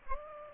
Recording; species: mosquito wingbeat signal from an infrared sensor; Aedes aegypti